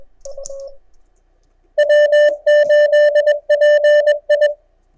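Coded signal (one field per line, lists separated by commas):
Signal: Morse code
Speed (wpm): 21 wpm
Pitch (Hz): 1800 Hz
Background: none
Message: W8PI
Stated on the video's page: CW small pile-up during the Texas QSO Party contest, with quite good band conditions.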